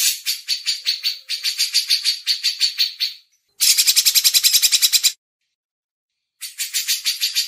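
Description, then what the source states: Grey-cheeked Bulbul producing rolling series of harsh buzzy notes, a louder denser burst in the middle, then a pause and another run. Cucak jenggot song used for masteran training.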